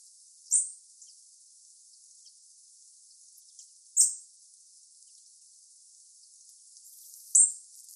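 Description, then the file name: European robin repeating a high, thin, piercing call three times, roughly every three and a half seconds, over faint steady hiss. "Erithacus rubecula"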